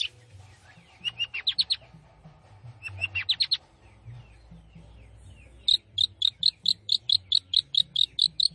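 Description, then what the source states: Long-tailed shrike giving two quick trilled flurries, a pause, then a long series of sharp, evenly repeated notes at a brisk pace. Singing lively (gacor).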